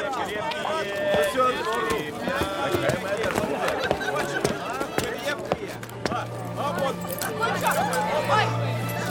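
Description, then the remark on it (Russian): Hooves of a horse from the Nizhny Novgorod fair clip-clop in irregular sharp knocks beneath a steady hubbub of overlapping voices and crowd chatter, with a low hum joining near the end. “Откуда конь?”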